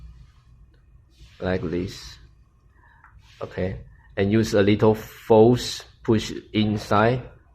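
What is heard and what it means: An HSK clamping unit segment with spacer is handled with the HSK assembly tool and pushed with a little force into a machine tool spindle while someone talks, with faint handling sounds at about 0.7 s and 3.0 s. The segment is not yet home, and nothing has seated or clicked yet.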